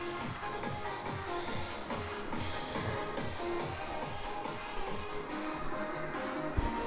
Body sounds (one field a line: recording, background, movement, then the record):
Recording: deep breathing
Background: music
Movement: walking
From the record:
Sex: male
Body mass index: 23.7 kg/m2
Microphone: on the chest, facing outward